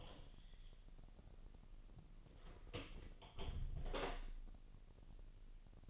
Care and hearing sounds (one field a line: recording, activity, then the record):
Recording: daily activity, microphone in the room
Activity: close door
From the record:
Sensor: 4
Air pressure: 1002.0 hPa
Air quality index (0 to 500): 248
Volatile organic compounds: 41 ppm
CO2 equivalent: 3162 ppm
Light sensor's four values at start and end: 9/20/8/7 and 9/21/8/7